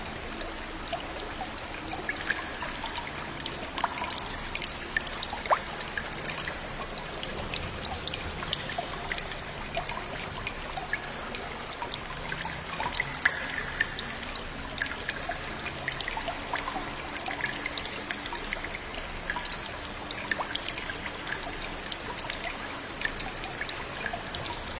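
Stream water trickles and drips steadily for the whole stretch, with a bright, dense patter of small splashes and a faint hollow echo.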